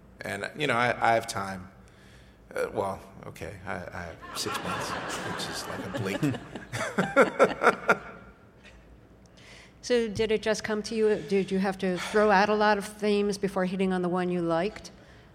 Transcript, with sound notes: And, you know, I have time. Well, OK, I have six months, which is, like, a blink.
(LAUGHTER)
So did it just come to you? Did you have to throw out a lot of themes before hitting on the one you liked?